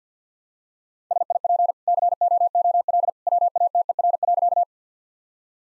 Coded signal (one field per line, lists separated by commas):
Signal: Morse code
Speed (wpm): 50 wpm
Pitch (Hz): 700 Hz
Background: none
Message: SIP COOL WATER.